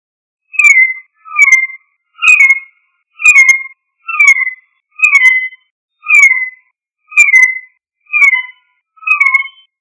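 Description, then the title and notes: Bird giving a clear, down-slurred whistled note repeated steadily about once a second, ten times in a row, each with a faint ticking edge. Indonesian bird songs. "Kumpulan Kicau Burung Indonesia"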